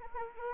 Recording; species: mosquito wingbeat signal from an infrared sensor; Anopheles arabiensis